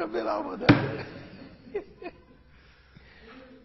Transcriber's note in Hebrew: צחוק